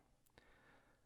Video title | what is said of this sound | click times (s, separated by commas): How To Assemble An Exercise Bike | and and let's push it in listen for it clicking which it did | 0.4 s